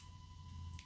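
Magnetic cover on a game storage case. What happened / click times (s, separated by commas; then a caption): The magnetic cover snapped shut / 0.8 s. A magnetic cover on a wood-grain game storage case is closed, and the magnet pulls it shut. A low steady hum runs under the clip, then a small sharp click lands at 0.8 s as the cover seats.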